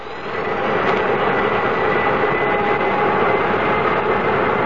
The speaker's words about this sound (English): This is K-Flight 113 Transways, port K2 to ground control. Request permission to start engines. You have permission, Captain. Hit them, Doug.